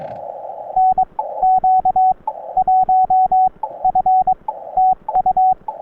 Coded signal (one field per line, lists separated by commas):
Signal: Morse code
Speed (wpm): 23 wpm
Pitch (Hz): 750 Hz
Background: radio noise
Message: NQ1F TU